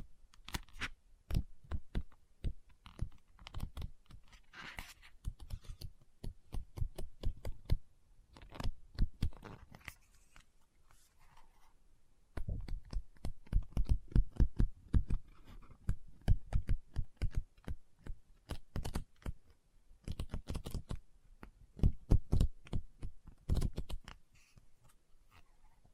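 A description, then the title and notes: Tapping and scratching on a book, with quick bursts of sharp knocks that come in clustered runs. The taps are dense and fairly regular through most of the clip, with a near-silent pause around ten to twelve seconds before the tapping resumes. Book Tapping, Scratching, Page Turning.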